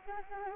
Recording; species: mosquito wingbeat signal from an infrared sensor; Anopheles arabiensis